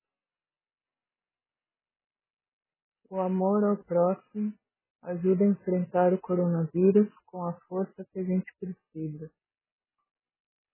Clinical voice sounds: spoken sentence; Brazilian Portuguese; female; 30 to 39 years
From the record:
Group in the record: control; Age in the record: 39 years

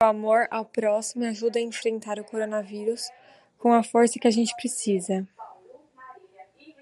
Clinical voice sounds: spoken sentence; Brazilian Portuguese; female; 20 to 29 years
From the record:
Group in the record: control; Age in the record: 21 years

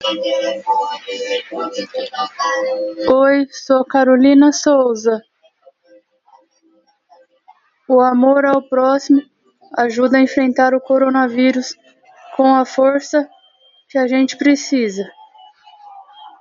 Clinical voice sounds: spoken sentence; Brazilian Portuguese; female; 30 to 39 years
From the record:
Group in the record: control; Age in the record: 36 years

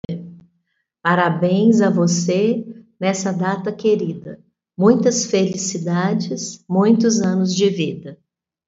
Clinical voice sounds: short text; Brazilian Portuguese; female; 50 to 59 years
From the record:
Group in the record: control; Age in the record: 53 years

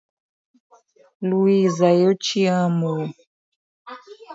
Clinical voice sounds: short text; Brazilian Portuguese; female; 30 to 39 years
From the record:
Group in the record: control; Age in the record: 35 years

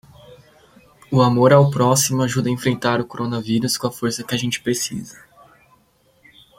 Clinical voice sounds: spoken sentence; Brazilian Portuguese; male; 20 to 29 years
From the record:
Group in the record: control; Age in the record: 20 years

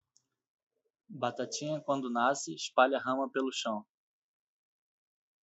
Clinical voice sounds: short text; Brazilian Portuguese; male; 30 to 39 years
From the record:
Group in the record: control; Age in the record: 30 years

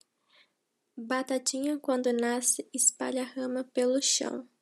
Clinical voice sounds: short text; Brazilian Portuguese; female; 20 to 29 years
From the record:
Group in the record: control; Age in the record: 20 years

